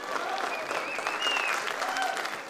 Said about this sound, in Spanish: Queremos agradecer la asistencia de ustedes, así que este primer aplauso es para ustedes, el público que nos acompaña esta noche. El aplauso es para ustedes mismos.